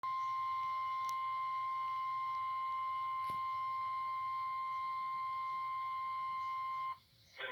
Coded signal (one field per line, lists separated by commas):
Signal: Emergency Alert System (SAME) tones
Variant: 1050 Hz attention tone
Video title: EAS #38 Severe Thunderstorm Warning on KSPS-TV